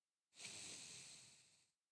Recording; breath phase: one breath near a microphone; exhalation